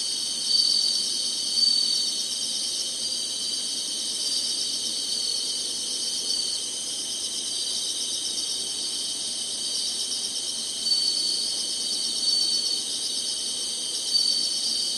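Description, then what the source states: Many insects keep up a constant high buzzing trill, with short louder bursts at the beginning and near the end. Singing insects in summer.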